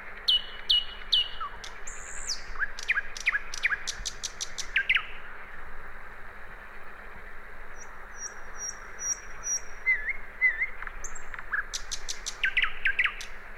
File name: Luscinia megarhynchos